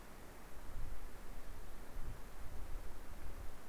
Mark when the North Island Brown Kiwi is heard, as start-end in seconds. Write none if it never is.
none